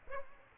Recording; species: mosquito wingbeat signal from an infrared sensor; Aedes aegypti